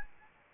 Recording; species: mosquito wingbeat signal from an infrared sensor; Anopheles arabiensis